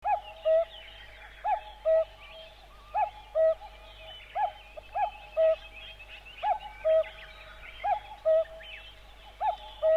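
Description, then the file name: Common cuckoo calling a two-note falling cuck-oo, repeated roughly every one and a half seconds, over a busy chorus of other small birds and a low steady hum. "kakkou"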